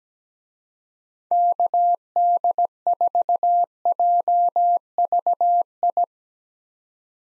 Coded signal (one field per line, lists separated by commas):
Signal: Morse code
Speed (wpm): 17 wpm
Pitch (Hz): 700 Hz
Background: none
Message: KD4JVI